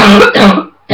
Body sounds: coughing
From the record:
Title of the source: Barking cough - # 10

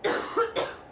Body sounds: coughing mixed with background sound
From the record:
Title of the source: female coughing - coughing sound effects girl

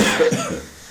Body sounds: coughing mixed with background sound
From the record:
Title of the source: Spring Cold Coughing.

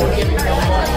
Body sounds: background sound without coughing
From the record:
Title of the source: Nightlife Party Simulating Party Club Noise 1 Hour

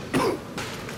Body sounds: coughing mixed with background sound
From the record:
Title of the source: Coughing 77

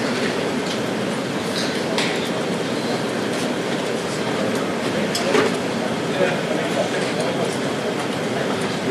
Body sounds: background sound without coughing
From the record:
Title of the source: Office Sounds Ambience - Background Noise for Study and Work

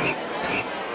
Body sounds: coughing mixed with background sound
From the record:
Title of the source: 31 night wet cough

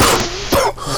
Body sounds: coughing mixed with background sound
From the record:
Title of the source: Coughing 79

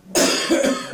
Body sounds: coughing mixed with background sound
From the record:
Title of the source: Residual Phlegmy Morning Coughing and Gagging

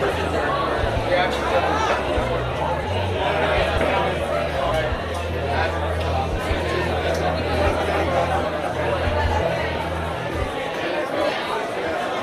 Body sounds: background sound without coughing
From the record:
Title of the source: CITY SOUNDS Busy Bar in the Evening Night - 2 HOURS of Ambiance for Relaxation

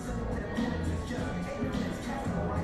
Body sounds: background sound without coughing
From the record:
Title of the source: 60 minutes of coffee shop sounds for study and concentration

